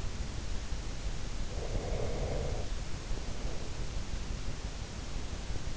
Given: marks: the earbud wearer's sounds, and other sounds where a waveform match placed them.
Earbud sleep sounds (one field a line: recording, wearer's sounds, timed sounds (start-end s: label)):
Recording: sounds in sleep by an in-ear microphone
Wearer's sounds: breath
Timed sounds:
1.45-4.08 s: breath